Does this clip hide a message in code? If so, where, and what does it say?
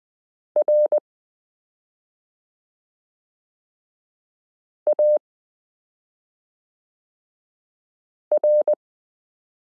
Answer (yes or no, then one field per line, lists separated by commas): yes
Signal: Morse code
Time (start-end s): 0.6-8.7 s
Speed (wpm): 20 wpm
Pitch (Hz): 600 Hz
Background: none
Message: RAR